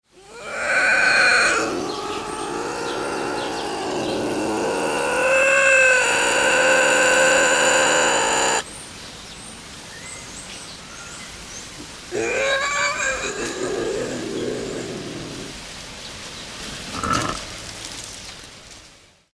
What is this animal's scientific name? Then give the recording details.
Lynx rufus. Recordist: Tembrock, Günter. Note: Knurren eines Weibchens